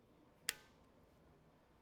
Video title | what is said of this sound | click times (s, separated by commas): NL4FXX Connectors | Okay. You hear that click? | 0.5 s